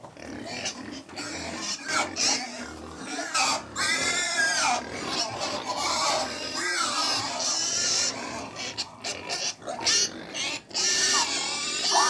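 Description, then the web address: Pigs squeal over and over in rising and falling shrieks, mixed with busy grunting and scuffling from a crowded group. About 100 pigs feeding; livestock. "BBC Sound Effects Library. Approx 100 Pigs Feeding"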